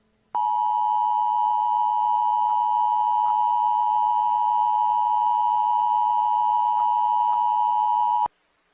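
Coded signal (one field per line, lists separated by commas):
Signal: Emergency Alert System (SAME) tones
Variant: 853 and 960 Hz attention tone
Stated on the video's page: Mock EAS tornado scenario for the Kansas City area, containing valid EAS tones.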